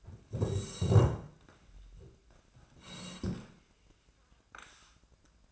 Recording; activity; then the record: daily activity, microphone in the room; sit down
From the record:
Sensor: 2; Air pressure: 1012.1 hPa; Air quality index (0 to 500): 158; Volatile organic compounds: 2 ppm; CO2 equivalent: 1159 ppm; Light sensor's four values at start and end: 38/101/42/49 and 43/108/47/53